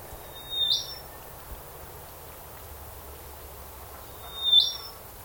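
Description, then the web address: Bird calling with two bright high whistles that rise at the end, nearly four seconds apart, over a quiet background hum. Unidentified bird calling in a swamp. "Sound Effects-Foundation 1 BIRD UNKNOWN SWAMP CALL"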